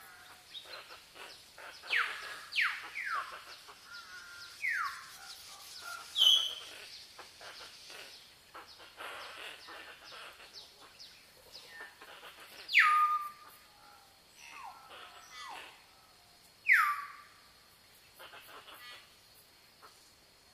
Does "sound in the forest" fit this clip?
yes